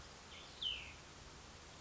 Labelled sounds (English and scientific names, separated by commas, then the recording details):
Cassin's Vireo (Vireo cassinii)
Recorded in Sonoma County, California